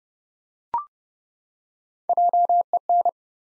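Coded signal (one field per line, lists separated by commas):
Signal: Morse code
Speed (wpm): 32 wpm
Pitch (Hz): 700 Hz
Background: none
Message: JEN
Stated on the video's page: Head-copy drill of common three-letter-or-shorter US names sent at 30 wpm, each sent twice.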